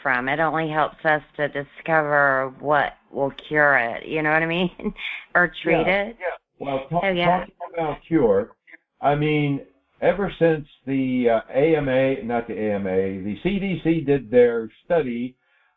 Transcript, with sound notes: It only helps us to discover what will cure it. You know what I mean? (laughs) Or treat it.
Yeah. Yeah. Well, talk, talking about cure.
Oh, yeah.
I mean, ever since the, uh, AMA, not the AMA, the CDC did their study,